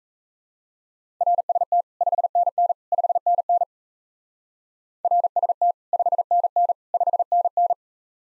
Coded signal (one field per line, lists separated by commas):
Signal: Morse code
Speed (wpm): 36 wpm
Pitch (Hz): 700 Hz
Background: none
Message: RST 5NN 5NN RST 5NN 5NN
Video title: Common QSO Phrases Speed-Racing - 28wpm